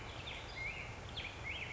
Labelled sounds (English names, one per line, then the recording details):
Black-headed Grosbeak
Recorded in Sonoma County, California